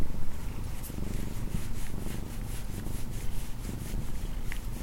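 Cat purring in a dense, even low rumble for a few seconds.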